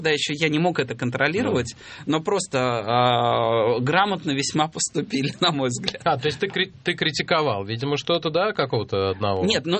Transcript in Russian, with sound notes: тогда еще я не мог это контролировать, но просто грамотно весьма поступили, на мой взгляд (смеется)
А, то есть, ты критиковал, видимо, что-то, какого-то одного….